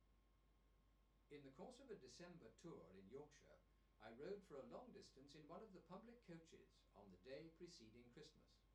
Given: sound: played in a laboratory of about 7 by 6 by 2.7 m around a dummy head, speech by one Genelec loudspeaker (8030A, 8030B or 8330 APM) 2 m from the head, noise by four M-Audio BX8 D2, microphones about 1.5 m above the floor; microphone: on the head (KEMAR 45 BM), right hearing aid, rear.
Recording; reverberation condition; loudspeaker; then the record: male speech in English; low; 120 degrees to the left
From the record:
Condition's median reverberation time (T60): about 310 ms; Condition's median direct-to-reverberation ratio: about 3.5 dB